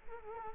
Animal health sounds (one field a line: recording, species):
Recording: mosquito wingbeat signal from an infrared sensor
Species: Culex quinquefasciatus